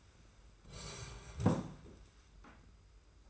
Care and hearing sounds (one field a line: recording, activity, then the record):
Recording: daily activity, microphone in the room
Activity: sit down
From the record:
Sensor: 2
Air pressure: 991.5 hPa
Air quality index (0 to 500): 184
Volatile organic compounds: 1000 ppm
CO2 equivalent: 5980 ppm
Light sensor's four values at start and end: 25/79/31/30 and 28/89/34/33